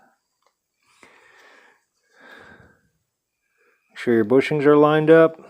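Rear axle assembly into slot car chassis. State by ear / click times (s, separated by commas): not seated / none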